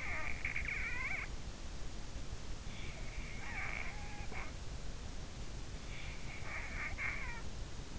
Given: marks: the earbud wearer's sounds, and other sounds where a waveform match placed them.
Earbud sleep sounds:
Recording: sounds in sleep by an in-ear microphone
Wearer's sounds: snoring breath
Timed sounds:
0.00-1.60 s: snoring breath
2.94-4.60 s: snoring breath
6.09-7.69 s: snoring breath

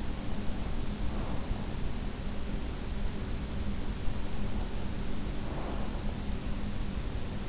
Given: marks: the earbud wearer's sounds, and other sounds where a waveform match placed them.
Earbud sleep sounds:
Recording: sounds in sleep by an in-ear microphone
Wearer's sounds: breath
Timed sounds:
0.85-2.18 s: breath
5.22-6.12 s: breath

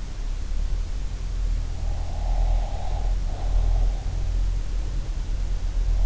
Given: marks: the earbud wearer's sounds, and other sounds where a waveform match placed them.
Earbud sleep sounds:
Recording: sounds in sleep by an in-ear microphone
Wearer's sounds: breath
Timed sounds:
1.80-4.00 s: breath

